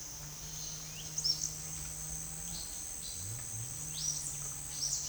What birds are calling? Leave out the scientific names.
Silver-beaked Tanager